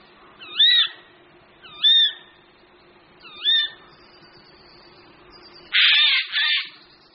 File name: Sojka obecná